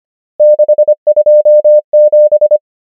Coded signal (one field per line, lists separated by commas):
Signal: Morse code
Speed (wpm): 25 wpm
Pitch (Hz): 600 Hz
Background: none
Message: 6 2 7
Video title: morse code practice | 25wpm | 25fw | numbers | ENGLISH